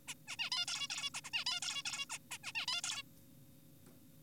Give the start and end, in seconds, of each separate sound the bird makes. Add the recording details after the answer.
0.08-0.14, 0.28-0.36, 0.39-0.50, 0.52-0.66, 0.68-0.88, 0.90-1.10, 1.14-1.21, 1.24-1.30, 1.34-1.44, 1.46-1.60, 1.62-1.82, 1.85-2.06, 2.10-2.18, 2.31-2.38, 2.44-2.52, 2.55-2.66, 2.68-2.81, 2.84-3.03. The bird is an adult. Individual g4p5U